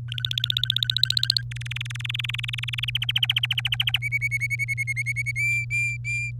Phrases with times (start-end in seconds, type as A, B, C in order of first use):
0.09-1.42 A, 1.51-2.90 B, 2.95-3.98 C, 4.02-5.32 D, 5.36-6.31 E